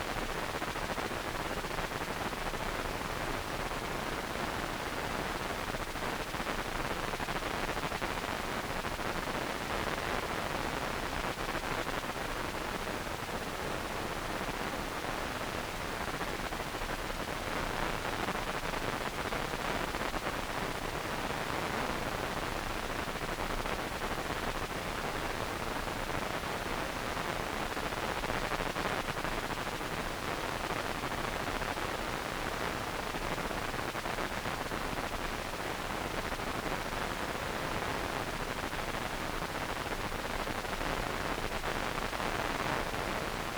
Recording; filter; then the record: brain microelectrode recording played as sound; wide band, above 20 Hz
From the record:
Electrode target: subthalamic nucleus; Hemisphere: right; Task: reaching with the left hand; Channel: 2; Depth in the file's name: 5.102 mm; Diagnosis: Parkinson's disease